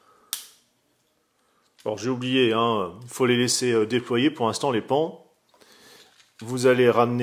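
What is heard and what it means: The hinged plastic cockpit canopy on a JinBao Oversized Warbotron #2 transforming robot toy is opened, giving a single sharp snap at 0.3 s as it clicks open. After a short quiet pause, someone talks.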